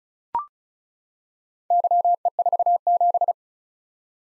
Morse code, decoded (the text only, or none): YE47